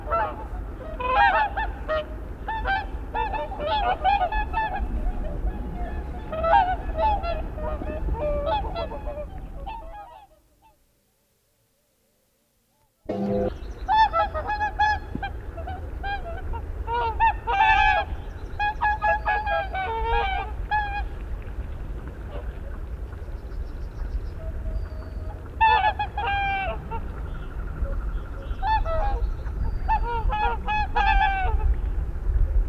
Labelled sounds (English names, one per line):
Whooper Swan call